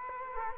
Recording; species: mosquito wingbeat signal from an infrared sensor; Culex quinquefasciatus